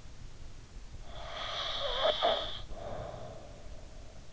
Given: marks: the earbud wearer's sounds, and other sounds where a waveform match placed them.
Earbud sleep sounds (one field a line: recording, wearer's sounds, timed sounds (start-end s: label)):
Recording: sounds in sleep by an in-ear microphone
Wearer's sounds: snoring breath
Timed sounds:
1.22-4.02 s: snoring breath